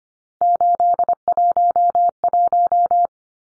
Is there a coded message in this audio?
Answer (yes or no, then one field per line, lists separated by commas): yes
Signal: Morse code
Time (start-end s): 0.4-3.1 s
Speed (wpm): 25 wpm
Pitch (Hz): 700 Hz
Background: none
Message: 811